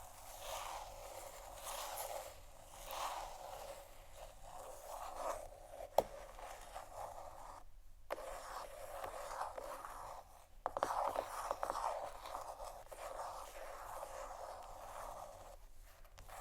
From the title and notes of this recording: ASMR Scratching & Tapping On Canisters（No Talking）.